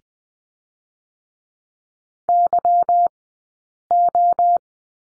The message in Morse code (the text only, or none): YO